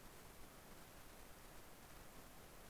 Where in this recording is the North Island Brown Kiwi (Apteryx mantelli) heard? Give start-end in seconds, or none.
none